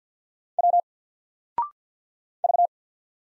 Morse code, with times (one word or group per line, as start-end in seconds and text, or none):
0.6-0.8 W
2.4-2.7 V